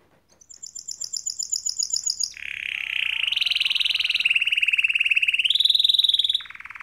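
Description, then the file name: Atlantic canary song opening with a high, rapid trill, then a long, dense, buzzy roll that steps up in pitch near the end. "Serinus canaria"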